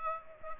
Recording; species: mosquito wingbeat signal from an infrared sensor; Aedes aegypti